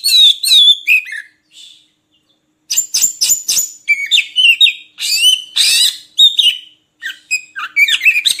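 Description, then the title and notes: Oriental magpie-robin song: rich, varied whistled phrases with sweeping notes and sharp clicks, delivered in bursts separated by short pauses. Song for training birds to sing actively day and night. "Kacer Jadi Gacor Siang Malam. Isian Kacer Durasi Panjang"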